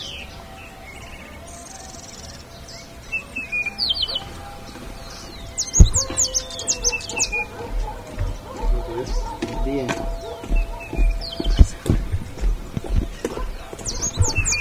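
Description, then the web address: Bird calls in short high chirping bursts from about three seconds on, mixed with clicks, knocks and a low rumbling background. "BIRD 2015 SABIOD 50 bird 2015"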